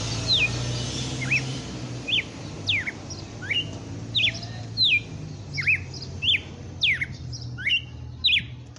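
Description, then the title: Red-cowled cardinal song of crisp, down-slurred whistles, some with a brief upturn, repeated under a second apart above a steady rushing background noise. Female bird named Fenrir, singing in the song style called açoite selvagem. "Canto Galo Campina Fêmea 07. Galo de campina FENRIR no AÇOITE SELVAGEM"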